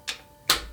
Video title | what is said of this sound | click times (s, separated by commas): Navee N65 Review (Detailed Unboxing, Setup & Ride Test) [FLASH SALE] | snaps in place | 0.5 s